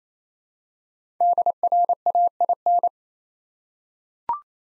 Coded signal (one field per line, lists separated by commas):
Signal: Morse code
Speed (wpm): 29 wpm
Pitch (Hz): 700 Hz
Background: none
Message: DRAIN